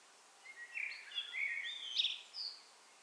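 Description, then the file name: Common blackbird giving soft, faint warbled notes that rise and fall over about two seconds, ending in a thin high squeak, against a steady background hiss. "Turdus merula"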